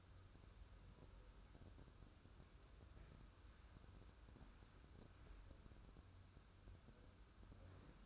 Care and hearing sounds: daily activity, microphone in the room; wipe stove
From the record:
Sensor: 2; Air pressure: 1014.9 hPa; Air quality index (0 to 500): 65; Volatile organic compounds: 1 ppm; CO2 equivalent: 789 ppm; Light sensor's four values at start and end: 13/35/14/15 and 13/35/14/15

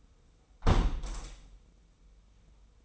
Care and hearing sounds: daily activity, microphone in the room; close window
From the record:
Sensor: 1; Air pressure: 990.4 hPa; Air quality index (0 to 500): 170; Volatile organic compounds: 1000 ppm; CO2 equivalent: 6242 ppm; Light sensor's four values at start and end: 22/49/21/23 and 21/47/20/22

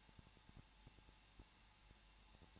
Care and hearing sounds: daily activity, microphone in the room; no activity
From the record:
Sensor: 1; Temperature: 20.0 degrees Celsius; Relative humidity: 39.4%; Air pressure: 1006.4 hPa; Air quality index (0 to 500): 219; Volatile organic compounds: 83 ppm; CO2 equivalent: 3632 ppm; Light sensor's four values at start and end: 1/2/1/1 and 1/2/1/1

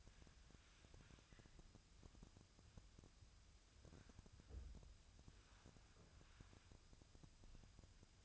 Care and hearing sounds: daily activity, microphone in the room; wipe stove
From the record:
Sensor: 2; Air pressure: 1004.6 hPa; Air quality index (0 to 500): 78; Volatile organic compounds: 1 ppm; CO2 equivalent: 928 ppm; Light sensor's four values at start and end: 7/16/6/6 and 7/16/6/6

